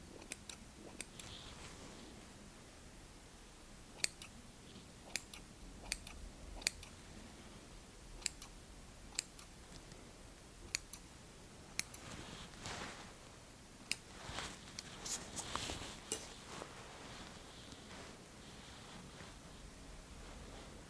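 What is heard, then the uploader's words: Crisp scissor snips click every second or so, with soft fabric rustling and faint brushing between cuts. Insanely Stimulating Eyebrow & Beard Measuring, Trimming, Massage.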